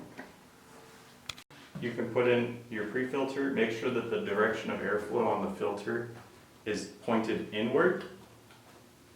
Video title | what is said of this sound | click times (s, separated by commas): RGS Lamp Replacement | uh to replug position the pins so that they line up and push in until you hear a click | 1.3 s